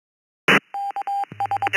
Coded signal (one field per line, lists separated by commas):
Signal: Morse code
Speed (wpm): 21 wpm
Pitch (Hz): 800 Hz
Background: none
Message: KS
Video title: East Coast Reflector Open Mic Night Net 2026 02 11 20 00 06